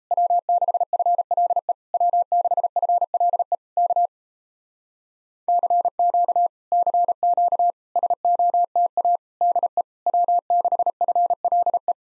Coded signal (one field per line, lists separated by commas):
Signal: Morse code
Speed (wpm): 38 wpm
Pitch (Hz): 700 Hz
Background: none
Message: W6FLE W6FLE K CQ CQ SOTA DE W6FLE